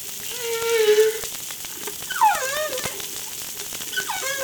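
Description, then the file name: Humpback whale song with a steady harmonic moan, then a sliding downward sweep and a short later cry, set against constant crackling clicks. Recorded off La Réunion on 3 July 2013. "Humpback Darewin La Reunion Jul 03 2013"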